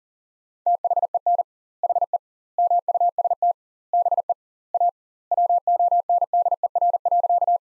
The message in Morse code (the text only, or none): THEN HE MUST BE A WONDER.